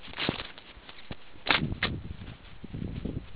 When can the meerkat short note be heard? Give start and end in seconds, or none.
none